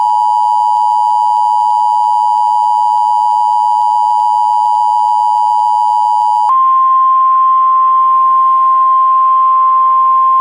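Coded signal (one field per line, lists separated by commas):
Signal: Emergency Alert System (SAME) tones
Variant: 853 and 960 Hz attention tone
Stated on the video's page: Fictional Emergency Action Notification for the Tampa/Sarasota area about a nuclear attack on the US.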